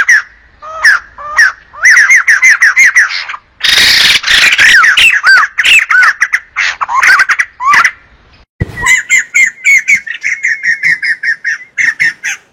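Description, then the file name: Bulbul song of loud, chattering whistled phrases, interrupted midway by a harsh noisy rush, then a quick run of repeated chirps. Bird singing and calling. "Tieng chim Bo Chao hot keu"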